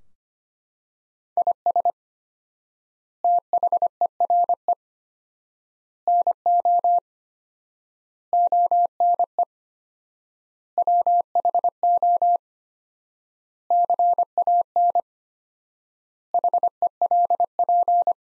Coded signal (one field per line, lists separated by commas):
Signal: Morse code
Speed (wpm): 25 wpm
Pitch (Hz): 700 Hz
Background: none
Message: IS THERE NO ONE WHO CAN HELP